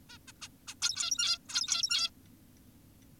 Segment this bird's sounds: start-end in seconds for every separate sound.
0.10-0.18, 0.28-0.32, 0.42-0.48, 0.68-0.75, 0.82-1.38, 1.49-2.10